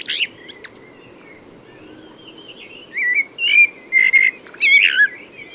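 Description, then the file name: Common blackbird song: a brief note and faint whistles at first, then a burst of clearer warbled and sliding whistled notes in quick succession near the end. "Turdus merula"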